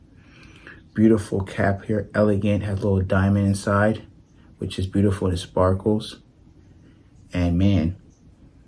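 A heavy decorative cap with a little diamond inside is handled on a perfume bottle while someone talks, with a couple of faint taps near the start. The clip ends before the cap is pushed home, so nothing has seated or snapped on yet.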